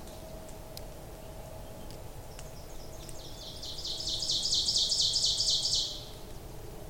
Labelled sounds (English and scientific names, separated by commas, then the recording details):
Ovenbird (Seiurus aurocapilla) song
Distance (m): 25 m
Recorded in boreal forest in Alberta, Canada, on 26 May 2016 at 07:02
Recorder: SongMeter 3, array SBT-3-15
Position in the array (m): 41 m, 279 m
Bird 20